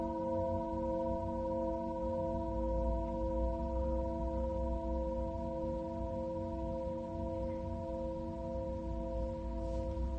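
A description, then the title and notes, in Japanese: A singing bowl rings in a long, steady drone, with several clear overtones holding level and slowly pulsing for the whole ten seconds. No new strikes stand out. A low, rumbling hum sits underneath, and the volume stays even throughout. メキシコから シンギングボウルのサウンドヒーリング ライブ。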